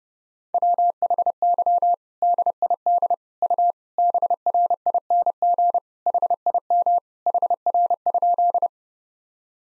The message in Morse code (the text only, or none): WHY DID U BRING HIM HR?